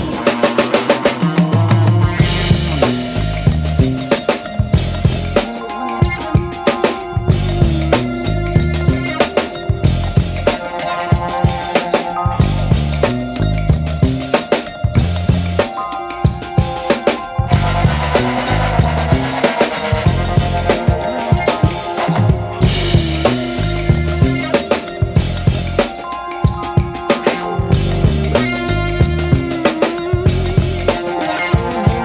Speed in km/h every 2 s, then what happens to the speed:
81, 81, 79, 79, 79, 79, 81, 81, 79, 79, 79, 81, 83, 83, 85, 85.
0-32 steady at about 81.